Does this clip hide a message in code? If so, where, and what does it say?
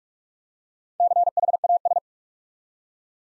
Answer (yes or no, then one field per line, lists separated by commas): yes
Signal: Morse code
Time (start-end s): 1.0-2.0 s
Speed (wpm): 44 wpm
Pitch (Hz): 700 Hz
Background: none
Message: CHAS